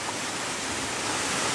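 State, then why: Not seated. A plastic Panasonic flush-mount series switch and socket unit is handled at its flush wall box, which has four corner clips. Only a steady broadband hiss is heard for 1.6 seconds, growing slightly louder toward the end, with no distinct impacts. Nothing has seated or clicked yet.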